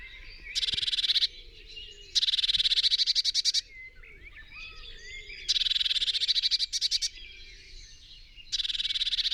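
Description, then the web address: Eurasian blue tit calling with buzzy rattling churrs, four bursts of rapid notes with soft chirping in the gaps. "SETE Cyanistes caeruleus"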